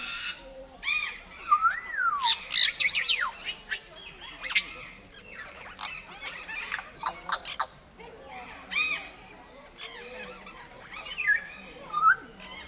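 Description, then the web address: Grey parrot squawks: loud rasping calls and swooping whistles cluster early, then scattered shorter squawks and chirps follow with pauses between. At Nyíregyháza Zoo in 2019, calm surroundings. "allathangok nyiregyhazizoo 2019 professzionalis jako papagaj nyugiskornyezet nyiregyhaza"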